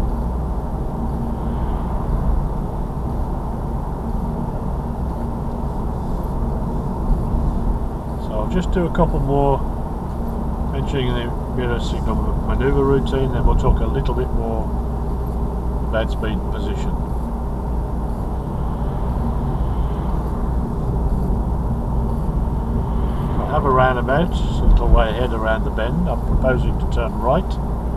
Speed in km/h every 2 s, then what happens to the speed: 39, 39, 40, 40, 40, 40, 39, 37, 37, 37, 37, 35, 35, 35.
0-28 steady at about 37.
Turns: none.